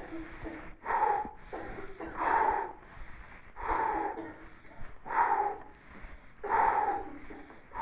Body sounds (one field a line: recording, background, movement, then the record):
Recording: deep breathing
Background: a bystander coughing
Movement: sitting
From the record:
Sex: male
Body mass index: 22.0 kg/m2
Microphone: on the chest, facing the body